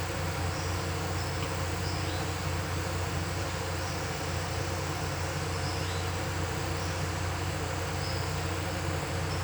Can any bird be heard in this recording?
yes